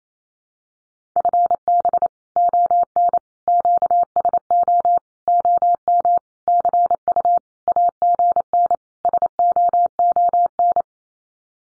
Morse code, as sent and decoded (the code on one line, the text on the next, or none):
..-. -... / --- -. / --.- ... --- / --- -- / -.-. ..- / .- --. -. / ... --- --- -.
FB ON QSO OM CU AGN SOON